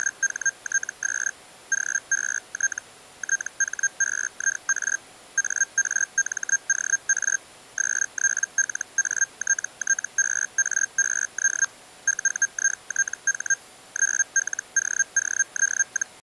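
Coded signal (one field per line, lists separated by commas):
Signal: Hellschreiber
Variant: Feld Hell, 122.5 baud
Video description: This is what Feld Hellschrieber looks like on my PSP oscilloscope.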